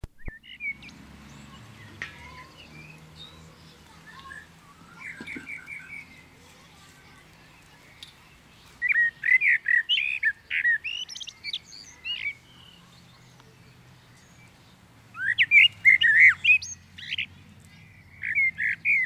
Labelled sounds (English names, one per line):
Common Blackbird song